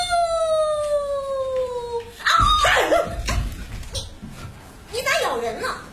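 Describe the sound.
A woman in new cotton work clothes, hiding behind a haystack in a snowy field at dusk, imitates a wolf howl to scare someone: one long, sustained voiced tone that glides slowly downward for about two seconds, followed by people talking.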